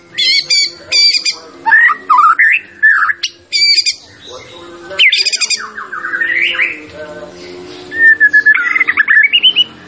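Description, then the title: White-rumped shama song: loud varied phrases mixing sharp high chattering bursts with rich whistled notes that rise and fall, with short pauses between phrases. Champion bird (juara); master recording (masteran) used for training other birds. "Masteran Murai Batu Juara"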